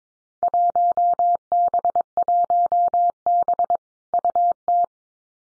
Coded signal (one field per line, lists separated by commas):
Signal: Morse code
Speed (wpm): 22 wpm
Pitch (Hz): 700 Hz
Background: none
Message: 1B1B UT